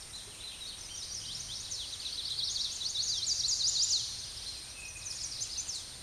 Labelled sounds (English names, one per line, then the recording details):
Chestnut-sided Warbler song
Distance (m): 25 m
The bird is about 5 m above the microphone
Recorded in a Pennsylvania forest on 16 May 2024 at 09:52
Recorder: AudioMoth, point MSD-2494
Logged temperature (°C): 15.6 °C
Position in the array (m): 163 m, 166 m